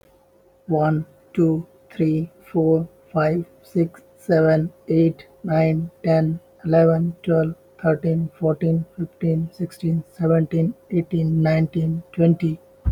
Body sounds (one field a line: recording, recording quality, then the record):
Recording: counting at a normal pace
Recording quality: excellent, no background noise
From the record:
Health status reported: healthy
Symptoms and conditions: none ticked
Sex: male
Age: 32 years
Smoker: not ticked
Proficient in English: no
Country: India